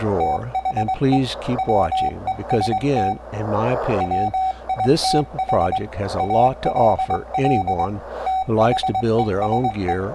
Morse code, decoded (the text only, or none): THE WEST WITH ALL THESE